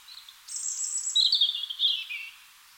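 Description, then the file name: European robin singing a thin, high phrase: a sustained very high whistle, then a lower warbling trill sliding gently downward, over a quiet background. "Erithacus rubecula"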